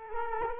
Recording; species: mosquito wingbeat signal from an infrared sensor; Culex quinquefasciatus